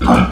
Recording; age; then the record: pig call; growing-finishing pig (85 days or more)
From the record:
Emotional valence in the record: negative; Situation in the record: barren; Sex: female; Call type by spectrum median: low-frequency call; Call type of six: low-frequency modulated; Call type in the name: low-frequency modulated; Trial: 3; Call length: 0.32 s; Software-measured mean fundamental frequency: 61 Hz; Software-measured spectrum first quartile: 195 Hz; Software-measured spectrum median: 458 Hz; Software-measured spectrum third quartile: 1053 Hz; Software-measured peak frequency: 246 Hz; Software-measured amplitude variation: 116 dB a second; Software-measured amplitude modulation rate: 17.5 a second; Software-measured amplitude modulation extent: 6.7 dB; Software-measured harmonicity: 1.8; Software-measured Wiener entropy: -1.63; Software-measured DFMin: 706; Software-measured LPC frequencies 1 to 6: 728, 1298, 2355, 3044, 4509, 5064 Hz